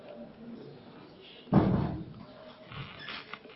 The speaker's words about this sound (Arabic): النبي تقفل الباب ده لو سمحت، تقفل الباب اللي وراك ده عشان من الدوشه دي.